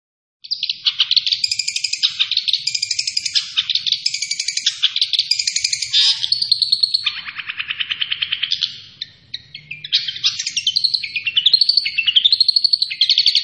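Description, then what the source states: Long-tailed shrike song, a continuous, varied medley of rapid chirps, harsh chatter and buzzy trills, some dipping lower, then whistled upward slurs near the end. Singing actively in full voice.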